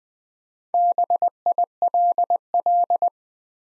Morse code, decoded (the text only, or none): BILL